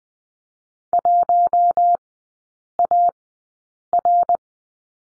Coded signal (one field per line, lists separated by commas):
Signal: Morse code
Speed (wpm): 20 wpm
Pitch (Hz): 700 Hz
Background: none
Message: 1AR